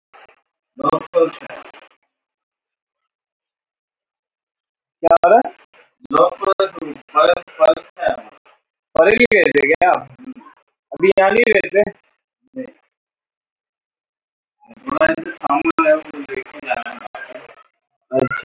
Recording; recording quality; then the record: sustained vowel as in beet; poor, much background noise or distortion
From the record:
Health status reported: healthy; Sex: male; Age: 31 years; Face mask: worn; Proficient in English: yes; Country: India